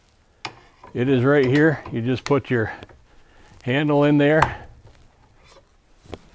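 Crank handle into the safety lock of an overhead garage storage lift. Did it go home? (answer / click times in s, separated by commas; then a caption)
yes / 6.1 s. A metal crank handle is inserted into the safety lock of a FLEXIMOUNTS GL1 overhead garage storage lift while someone talks. A sharp metallic knock comes at 0.5 s, and a brief click at 6.1 s marks the handle locking into place.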